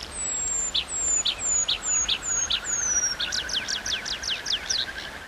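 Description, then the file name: Tree pipit singing: a run of thin, high, descending whistles, then a quick series of falling notes. Recorded at Irkut on 19 May 2012. "19-05-12 Irkut An Trivialis"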